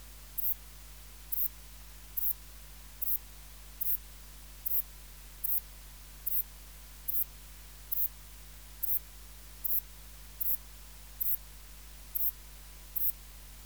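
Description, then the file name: Saddle-backed bush-cricket song: short, hissing high-pitched chirps repeated steadily, about sixteen in all, over a low hum. "Ephippiger cruciger"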